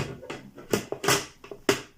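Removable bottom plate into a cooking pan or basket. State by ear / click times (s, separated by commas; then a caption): seated / 1.7 s. A removable bottom plate is fitted into a second cooking pan or basket during cooking, and it is pressed in with several soft knocks and taps. A sharp, loud click at 1.7 s marks the plate snapping into place, and it stays seated and no longer falls out.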